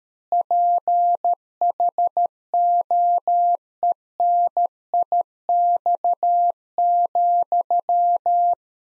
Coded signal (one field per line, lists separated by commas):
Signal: Morse code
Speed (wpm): 13 wpm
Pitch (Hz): 700 Hz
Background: none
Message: PHOENIX,